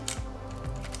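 A Zhiyun Weebill Lab gimbal's axis arm is rotated into its lock position, where its axis lock clicks into place at 0.1 s with a sharp tick. Fainter ticks follow near 1.0 s over a steady low tonal background, and the arm is seated and locked.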